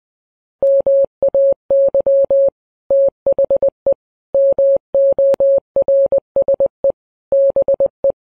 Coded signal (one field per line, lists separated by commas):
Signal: Morse code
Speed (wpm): 20 wpm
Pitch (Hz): 550 Hz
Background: none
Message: MAY THE MORSE BE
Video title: dit dah dit dah